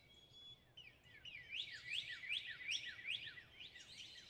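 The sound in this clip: Northern cardinal song: a rapid series of bright, steeply down-slurred whistled notes, about two or three each second, after softer introductory notes and a faint thin steady whistle.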